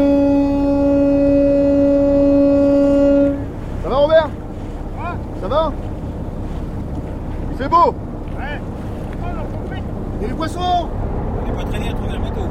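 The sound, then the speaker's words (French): A boat out on the sea in strong wind: a steady droning tone for the first few seconds, then a constant rough rush of wind and water with brief, scattered calls cutting through. “Sur le bateau, quoi.”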